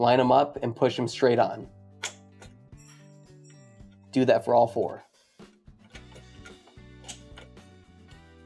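Someone talks while a keyed wire harness connector is lined up and pushed straight onto the high voltage control board of a Maytag refrigerator, over background music. A sharp plastic click at 2.0 s marks the connector seating, followed by quieter handling ticks and more talking.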